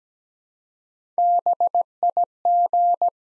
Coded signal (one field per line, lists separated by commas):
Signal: Morse code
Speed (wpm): 17 wpm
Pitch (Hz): 700 Hz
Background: none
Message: BIG